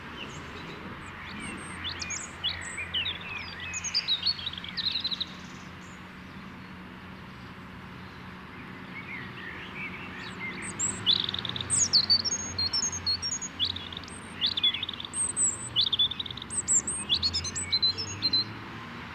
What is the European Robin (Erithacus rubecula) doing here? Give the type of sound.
song